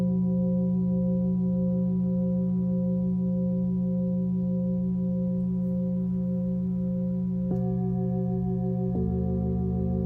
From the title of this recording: Tibetan Singiing Bowl